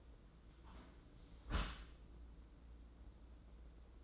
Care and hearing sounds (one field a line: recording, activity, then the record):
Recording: daily activity, microphone in the room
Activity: close dishwasher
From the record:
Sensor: 3